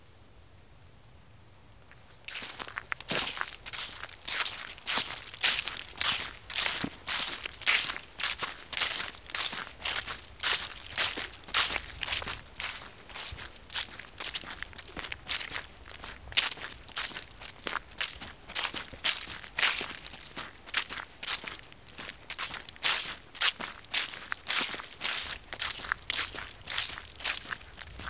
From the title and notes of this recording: Crunch leaves podcast. Love crunchy leaves.